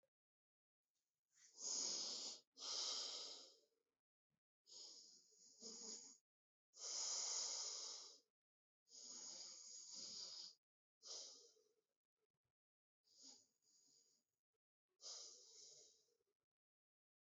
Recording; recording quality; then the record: deep breathing; excellent, no background noise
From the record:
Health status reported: healthy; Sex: male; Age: 33 years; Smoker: yes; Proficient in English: yes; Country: India